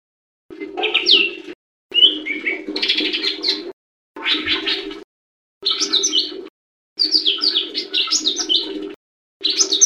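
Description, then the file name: Leafbird song in repeated bursts of varied chirps, trills and slurred whistles, each up to about two seconds, separated by brief silences, over a constant low hum. "audio cucak hijau mini. omkicau"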